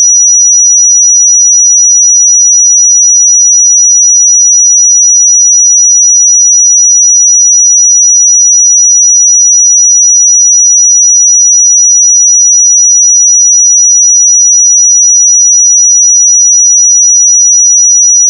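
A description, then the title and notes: A pure sine tone at 5846 Hz holds perfectly steady for the whole clip. It is a single thin, bright, piercing pitch at constant loudness, with no wavering, breaks or other sounds around it. 5846 Hz 1 Hz Interval Sine Pure Tone Frequency 441000 Sample Mono.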